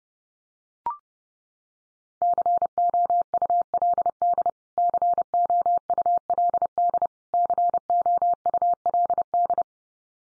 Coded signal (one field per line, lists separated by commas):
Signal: Morse code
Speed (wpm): 30 wpm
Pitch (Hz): 700 Hz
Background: none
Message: COULD COULD COULD